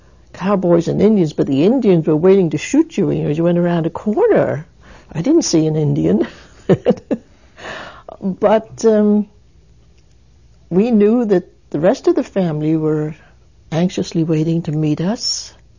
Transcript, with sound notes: cowboys and Indians but the Indians were waiting to shoot you here as you went around a corner. I didn't see an Indian (she laughs) but we knew that the rest of the family were anxiously waiting to meet us.